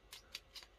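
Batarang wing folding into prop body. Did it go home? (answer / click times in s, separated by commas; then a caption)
yes / 0.4 s. One side wing of a red plastic NECA Toys Batman Beyond Batarang prop replica is folded in against its internal springs until it stops and locks. A soft scraping rustle is followed by a sharp, bright click at 0.4 s, then another short scrape. The wing seats in its folded position.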